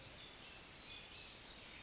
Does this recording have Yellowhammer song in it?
no